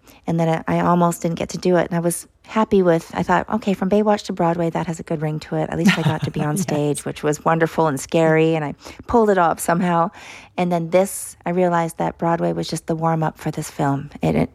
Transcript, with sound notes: and then I almost didn't get to do it. And I was happy with - I thought, OK, from "Baywatch" to Broadway - that has a good ring to it. At least I got to be on stage...
(Laughter) Yes.
...Which was wonderful and scary, and I pulled it off somehow. And then this - I realized that Broadway was just the warm-up for this film.